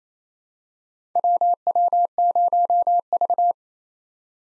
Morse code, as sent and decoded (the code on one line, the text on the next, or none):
.-- .-- ----- ...-
WW0V